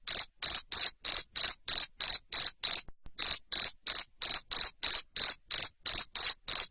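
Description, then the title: Cricket sounding sharp, high chirps at a regular quick rate, roughly three per second, with one short break. Loud cricket chirping played to make lovebirds sing continuously. "Suara JANGKRIK NGERIK Keras Bikin LOVEBIRD Jadi NGEKEK Terus Vubey"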